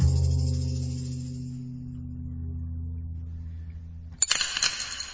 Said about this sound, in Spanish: No es tan fácil. Por muy recto que coloquemos el lápiz, siempre se acaba cayendo. Da igual cuántas veces lo intentemos o lo perfectamente vertical que lo pongamos.